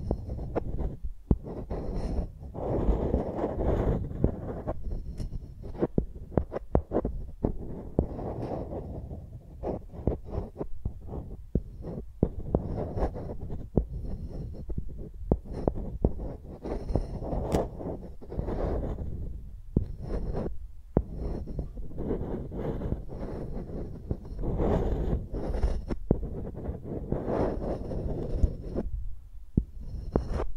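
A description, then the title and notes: Microphones rubbed and tapped like pencils, giving a deep rumbling scrape broken by frequent sharp clicks and soft thumps throughout. ASMR Using Mics as Pencils (No Talking).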